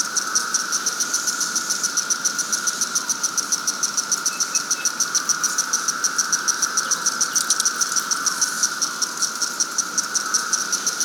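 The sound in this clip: Cicada song with a brisk, even train of high buzzy pulses, several per second, layered over a constant lower droning chorus throughout.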